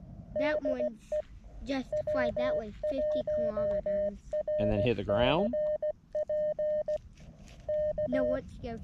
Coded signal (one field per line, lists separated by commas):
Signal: Morse code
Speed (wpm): 16 wpm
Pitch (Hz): 610 Hz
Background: speech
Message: DE W1RCP K